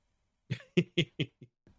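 Adult woman with a bad, ongoing cough: a short burst of several rapid coughs.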